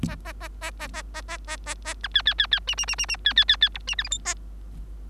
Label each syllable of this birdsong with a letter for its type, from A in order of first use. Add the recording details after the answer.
A A A A A A A A A A A B C C C C D D D D D C C C C E D F G H A. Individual Bird3